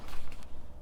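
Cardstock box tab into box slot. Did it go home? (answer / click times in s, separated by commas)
no / none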